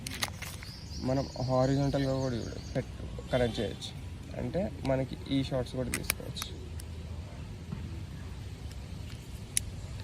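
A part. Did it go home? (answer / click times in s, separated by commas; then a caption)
yes / 9.6 s. A DJI Osmo Action 4 action camera in its protective frame is attached horizontally to a quick-release mount while someone talks over faint background noise. A sharp click at 9.6 s marks the frame clip latching into the mount, seating it firmly.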